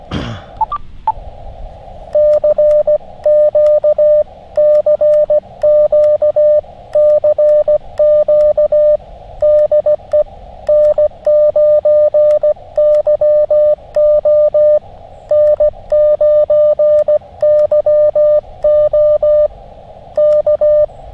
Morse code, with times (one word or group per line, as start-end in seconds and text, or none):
2.2-9.0 CQCQCQ
9.4-10.2 DE
10.7-14.8 N9YO
15.3-19.5 N9YO
20.2-20.9 K